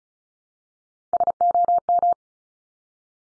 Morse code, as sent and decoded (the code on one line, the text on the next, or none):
... --- --
SOM